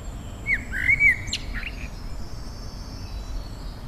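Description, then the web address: Bird song, a brief phrase of a few quick chirps and slurred whistles near the start, then only quiet background noise. Native hedge bird recorded in April. "oeko hecke vogel april vogel heimisch"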